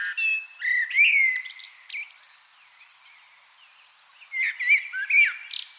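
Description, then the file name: Common blackbird song: rich, gliding whistles followed by squeaky high flourishes, a quiet gap of about two seconds, then another warbled phrase. "Turdus merula"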